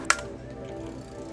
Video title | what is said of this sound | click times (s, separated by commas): NINEBOT BY SEGWAY ES2 - a reasonable priced smart electric scooter | click then lift till you hear a loud click and you're | 0.1 s